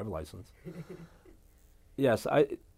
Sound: chuckles

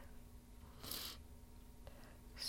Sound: clears throat; sniffs

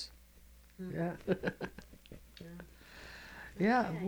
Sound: she laughs

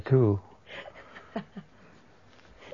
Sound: still laughing

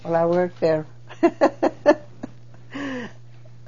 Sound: she laughs

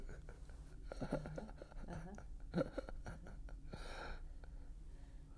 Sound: he laughs

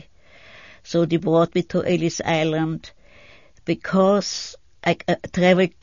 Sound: none

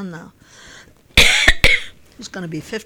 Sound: she coughs

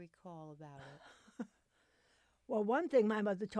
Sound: chuckles

